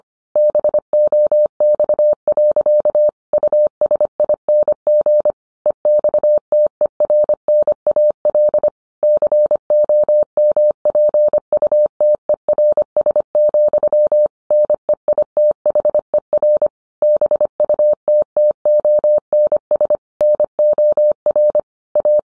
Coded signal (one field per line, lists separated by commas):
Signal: Morse code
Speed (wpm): 25 wpm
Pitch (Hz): 600 Hz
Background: none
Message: BOX. USING EXTERNAL COMPUTERS, NEITHER BUTTONS NOR A